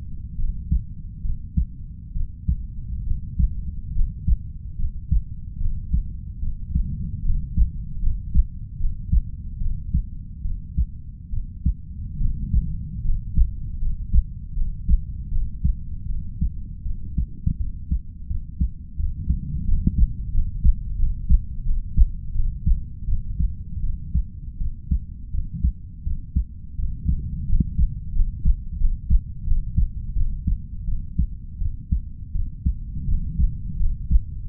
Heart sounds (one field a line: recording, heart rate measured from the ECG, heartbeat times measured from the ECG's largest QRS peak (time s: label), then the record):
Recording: heart sounds by stethoscope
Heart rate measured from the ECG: 79 bpm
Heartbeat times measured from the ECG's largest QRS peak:
0.36 s: heartbeat
1.22 s: heartbeat
2.13 s: heartbeat
3.04 s: heartbeat
3.92 s: heartbeat
4.76 s: heartbeat
5.58 s: heartbeat
6.39 s: heartbeat
7.22 s: heartbeat
7.99 s: heartbeat
8.77 s: heartbeat
9.58 s: heartbeat
10.42 s: heartbeat
11.30 s: heartbeat
12.18 s: heartbeat
13.01 s: heartbeat
13.79 s: heartbeat
14.54 s: heartbeat
15.29 s: heartbeat
16.06 s: heartbeat
16.83 s: heartbeat
17.57 s: heartbeat
18.27 s: heartbeat
18.96 s: heartbeat
19.64 s: heartbeat
20.31 s: heartbeat
20.96 s: heartbeat
21.63 s: heartbeat
22.32 s: heartbeat
23.05 s: heartbeat
23.80 s: heartbeat
24.57 s: heartbeat
25.31 s: heartbeat
26.03 s: heartbeat
26.75 s: heartbeat
27.45 s: heartbeat
28.12 s: heartbeat
28.77 s: heartbeat
29.44 s: heartbeat
30.13 s: heartbeat
30.85 s: heartbeat
31.58 s: heartbeat
32.32 s: heartbeat
33.05 s: heartbeat
33.77 s: heartbeat
34.47 s: heartbeat
From the record:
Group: healthy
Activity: cold pressor test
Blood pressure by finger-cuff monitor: 127/72 mmHg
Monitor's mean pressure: 89 mmHg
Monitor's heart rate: 81 bpm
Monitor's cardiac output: 6.3 L/min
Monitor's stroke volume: 78 mL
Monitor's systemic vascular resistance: 1040 dyn s/cm5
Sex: female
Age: 32 years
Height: 168 cm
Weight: 61.9 kg